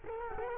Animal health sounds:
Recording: mosquito wingbeat signal from an infrared sensor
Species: Culex quinquefasciatus

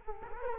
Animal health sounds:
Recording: mosquito wingbeat signal from an infrared sensor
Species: Culex quinquefasciatus

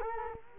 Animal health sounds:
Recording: mosquito wingbeat signal from an infrared sensor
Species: Culex quinquefasciatus

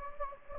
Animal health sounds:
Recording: mosquito wingbeat signal from an infrared sensor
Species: Anopheles gambiae

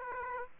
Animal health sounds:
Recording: mosquito wingbeat signal from an infrared sensor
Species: Aedes aegypti

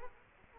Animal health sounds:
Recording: mosquito wingbeat signal from an infrared sensor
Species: Culex quinquefasciatus

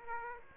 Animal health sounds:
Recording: mosquito wingbeat signal from an infrared sensor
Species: Aedes aegypti

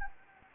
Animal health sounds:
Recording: mosquito wingbeat signal from an infrared sensor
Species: Anopheles gambiae

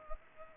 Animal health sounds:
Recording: mosquito wingbeat signal from an infrared sensor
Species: Culex pipiens

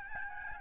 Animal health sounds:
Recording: mosquito wingbeat signal from an infrared sensor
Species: Aedes albopictus

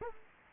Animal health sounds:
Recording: mosquito wingbeat signal from an infrared sensor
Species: Culex quinquefasciatus

